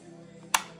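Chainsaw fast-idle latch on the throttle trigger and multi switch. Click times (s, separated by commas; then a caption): 0.5 s. On a Stihl MS170 chainsaw, the throttle trigger is pulled so the fast-idle latch releases and the multi switch springs back to the on position. A single sharp click is heard at 0.5 s over a faint background hum. The fast idle pops out to normal idle and the switch functions as it should.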